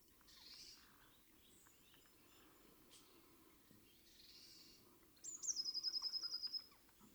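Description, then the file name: Eurasian blue tit song: after soft background chatter, a single bright phrase, a high piercing note sliding into a rapid trill of about ten notes. "Cyanistes caeruleus"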